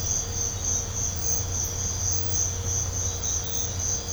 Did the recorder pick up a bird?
no